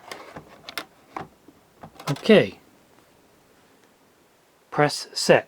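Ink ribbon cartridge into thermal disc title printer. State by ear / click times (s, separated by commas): partly seated / 0.8 s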